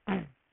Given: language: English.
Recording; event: throat vibration sensor signal played as sound; throat clearing